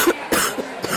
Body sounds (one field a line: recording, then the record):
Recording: coughing mixed with background sound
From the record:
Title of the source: 30 Chesty and wet cough